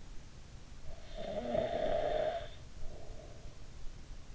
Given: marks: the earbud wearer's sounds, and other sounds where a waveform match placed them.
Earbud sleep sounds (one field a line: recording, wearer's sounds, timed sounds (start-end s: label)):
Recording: sounds in sleep by an in-ear microphone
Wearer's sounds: snoring breath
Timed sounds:
0.77-3.48 s: snoring breath